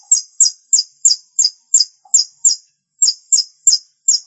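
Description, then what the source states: Long-tailed shrike calls: fast run of shrill, high notes, briefly interrupted and then resumed at the same pace, with a quiet background. Called pentet in Indonesian; dated March 2017.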